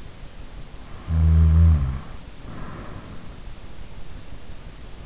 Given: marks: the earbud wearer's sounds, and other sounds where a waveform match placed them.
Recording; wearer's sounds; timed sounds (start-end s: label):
sounds in sleep by an in-ear microphone; snoring breath
1.04-3.32 s: snoring breath